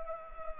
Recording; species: mosquito wingbeat signal from an infrared sensor; Anopheles arabiensis